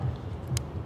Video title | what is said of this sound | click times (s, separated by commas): Voigtlander SUPERB - 福伦达SUPERB｜诞生于1933年的福伦达旗舰双反 | 这样听到咔嚓一声它就扣紧了 | 0.6 s